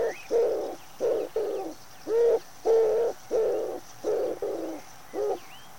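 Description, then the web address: Common wood pigeon giving a series of broad, hoarse low coos, about nine notes in six seconds, with faint higher bird chirps in the background. "cianscape. Deverinetal"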